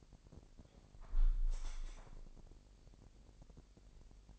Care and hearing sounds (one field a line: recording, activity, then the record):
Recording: daily activity, microphone in the room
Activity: close window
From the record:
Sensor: 5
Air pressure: 1000.4 hPa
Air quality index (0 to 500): 248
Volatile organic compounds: 35 ppm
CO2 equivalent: 3060 ppm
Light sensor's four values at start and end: 34/78/31/29 and 34/78/31/29